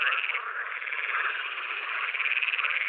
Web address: Pool Frog